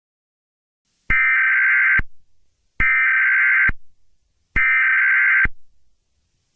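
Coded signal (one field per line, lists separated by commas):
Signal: Emergency Alert System (SAME) tones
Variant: header bursts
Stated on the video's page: Fictional EAS scenario about evil baby turtles attacking San Francisco.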